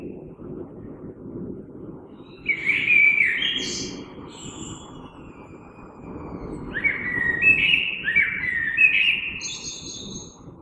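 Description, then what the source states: Common blackbird warbling two fluty phrases ending in high squeaky notes, over a steady background rumble. Recorded 3 March 2020.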